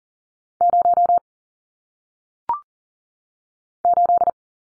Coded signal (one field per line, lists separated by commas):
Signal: Morse code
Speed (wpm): 40 wpm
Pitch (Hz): 700 Hz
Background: none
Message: 0 8